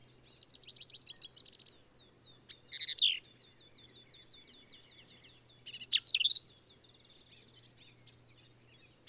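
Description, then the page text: Black-capped vireo phrases, harsh and warbled, mixed with a soft rapid series of ticking notes and a faint background hum. Male singing, same individual throughout; endangered species; phrases sung alone, truncated, embellished or run together; Kerr Wildlife Management Area, Hunt, Texas hill country. "Birdsong for the Curious Naturalist. Black-capped vireo"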